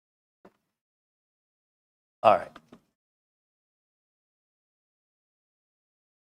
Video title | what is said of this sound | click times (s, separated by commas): Part 3 - PC Build with ASUS BTF and Jonsbo TK-1 v2 #asus #jonsbo | there we go I just heard that click in | 0.5 s